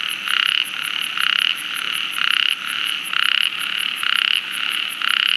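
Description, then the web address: Frog calls: rasping croaks repeated roughly every second in a regular rhythm, over a continuous fast, high ticking sound. "Frogs World"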